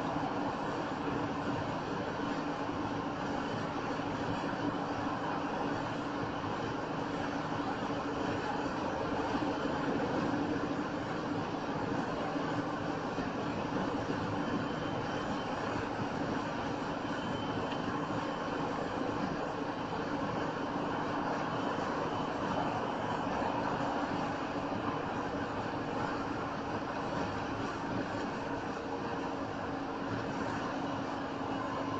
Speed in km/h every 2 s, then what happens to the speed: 100, 98, 100, 100, 100, 101, 101, 101, 101, 101, 103, 100, 98, 98, 97, 97.
0-32 steady at about 100.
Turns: none.